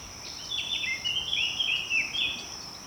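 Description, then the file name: Eurasian blackcap song: a flowing run of twittering, slurred notes, accompanied by a steady high whine and light background noise. "Sylvia atricapilla"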